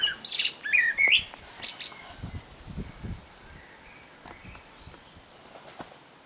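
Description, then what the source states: Common blackbird song: a burst of rich fluting phrases ending in high squeaky twitters over the first two seconds, then quiet with faint birdsong and low rumble. Male singing.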